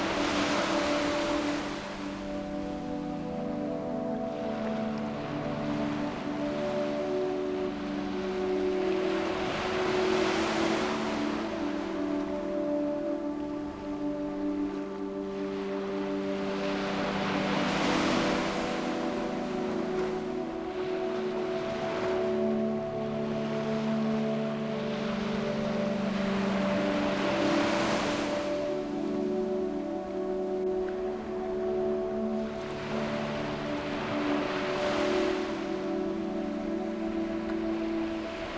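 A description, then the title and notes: Waves wash in and recede about every seven to eight seconds over steady, layered music with sustained, slowly shifting low tones. Tranquil Waves and Music.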